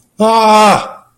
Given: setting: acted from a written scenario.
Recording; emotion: vocal sound without words; distress